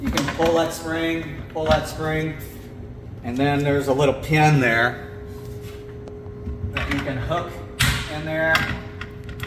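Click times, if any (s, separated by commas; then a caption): none. Someone talks while handling a concealed spring cabinet door hinge, pulling its spring and hooking it onto a little pin on the mounting plate on the cabinet frame. A few short, sharp handling knocks are heard around 6.8, 6.9 and 9.0 seconds. Nothing has seated or clicked into place yet.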